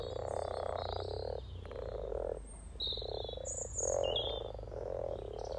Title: Frog Chorus Spring sounds first Lunch outside St Patrick’s day 17 March 2023 . Freshfield, Formby